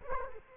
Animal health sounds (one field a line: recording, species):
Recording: mosquito wingbeat signal from an infrared sensor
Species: Culex quinquefasciatus